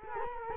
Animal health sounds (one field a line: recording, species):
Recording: mosquito wingbeat signal from an infrared sensor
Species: Culex quinquefasciatus